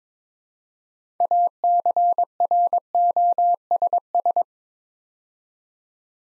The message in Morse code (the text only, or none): ACROSS